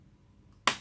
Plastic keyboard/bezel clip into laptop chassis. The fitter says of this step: Nah gini toh sampai klik ya klik